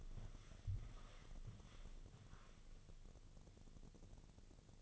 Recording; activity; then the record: daily activity, microphone in the room; walk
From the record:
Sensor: 4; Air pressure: 1001.3 hPa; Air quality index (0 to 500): 177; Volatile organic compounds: 2 ppm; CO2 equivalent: 1269 ppm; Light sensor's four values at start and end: 14/33/13/14 and 14/33/14/14